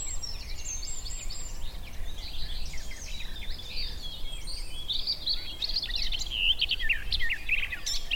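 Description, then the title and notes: Garden warbler song, a hurried babbling warble that builds and grows louder in the second half, over a steady low background rumble. Male, a migrant, singing in spring on a scrubby hillside among hawthorns in bloom; described as fluted, frenetic song. "Sound escape 65: be enchanted by the little-known song of the garden warbler. As the scrubby hillside hawthorns burst into burst into bloom, the musky vanilla perfume of the white mayflowers encourages a male garden warbler into his fluted song. Recorded by Fergus Collins"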